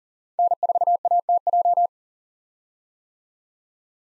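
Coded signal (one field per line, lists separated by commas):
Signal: Morse code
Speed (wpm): 40 wpm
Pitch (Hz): 700 Hz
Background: none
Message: N4ATJ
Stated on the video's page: Morse code callsign drill of common POTA activator callsigns at 40 wpm, each sent, then spoken, then sent again for head-copy practice.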